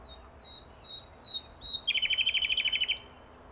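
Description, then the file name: Common nightingale singing: soft, thin whistles slowly growing louder, then a rapid rattling trill of many quick notes that stops with a brief high note. "Luscinia megarhynchos"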